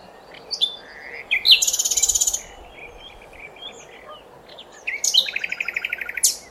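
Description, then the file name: Common nightingale song with short whistles leading into fast, buzzy rattling trills, two phrases a few seconds apart. "Luscinia megarhynchos"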